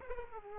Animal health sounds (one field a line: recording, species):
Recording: mosquito wingbeat signal from an infrared sensor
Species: Aedes aegypti